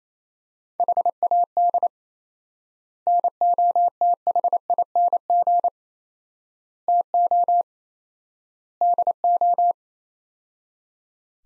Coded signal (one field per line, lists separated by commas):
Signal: Morse code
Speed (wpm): 28 wpm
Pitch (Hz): 700 Hz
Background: none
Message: HAD NOTHING TO DO